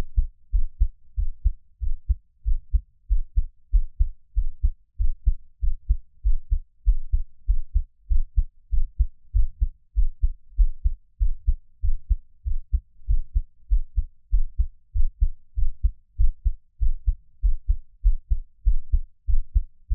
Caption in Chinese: 【ASMR】獻上我的心跳 | Give my Heartbeat。 NO Talking。 每月的心跳聲記錄😊 Monthly heartbeat recording。